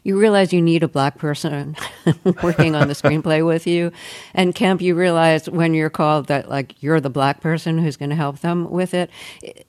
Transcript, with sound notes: Like, you realize you need a Black person...
(LAUGHTER)
...Working on the screenplay with you. And, Kemp, you realized when you're called that, like, you're the Black person who's going to help them with it.